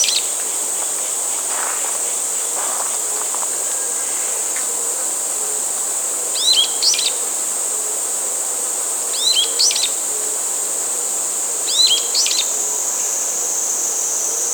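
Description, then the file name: Brown-eared bulbul, three bursts of sharp down-curving notes in the second half, against a continuous buzzing insect chorus. 27 July 2016. "Ixos amaurotis"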